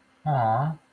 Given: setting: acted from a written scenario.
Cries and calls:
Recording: vocal sound without words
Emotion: adoration

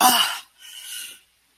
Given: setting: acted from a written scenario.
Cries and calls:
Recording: vocal sound without words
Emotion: pain

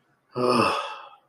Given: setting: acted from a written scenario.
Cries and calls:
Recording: vocal sound without words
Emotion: shame

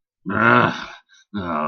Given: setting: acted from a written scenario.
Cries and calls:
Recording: vocal sound without words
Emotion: anger

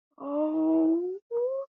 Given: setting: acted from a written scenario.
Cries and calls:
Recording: vocal sound without words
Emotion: distress

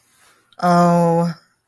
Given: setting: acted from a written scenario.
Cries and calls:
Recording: vocal sound without words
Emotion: guilt

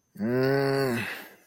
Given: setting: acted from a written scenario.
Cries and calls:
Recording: vocal sound without words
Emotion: anger

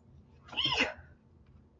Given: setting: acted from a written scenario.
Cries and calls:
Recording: vocal sound without words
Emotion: pain

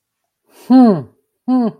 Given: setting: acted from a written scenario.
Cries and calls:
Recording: vocal sound without words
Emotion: realization

